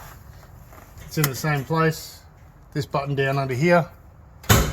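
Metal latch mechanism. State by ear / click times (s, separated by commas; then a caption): released / 4.4 s. Someone talks, then the interior bonnet release lever under the dash of a Holden Captiva 7 is pulled until the bonnet latch clicks at 4.4 s. The click pops the bonnet free, releasing it.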